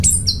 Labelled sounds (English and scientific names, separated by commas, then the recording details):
Stitchbird (Notiomystis cincta) song
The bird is a male
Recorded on Tiritiri Matangi Island, New Zealand, in 2005
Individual 21, of nest box 30